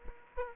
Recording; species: mosquito wingbeat signal from an infrared sensor; Culex quinquefasciatus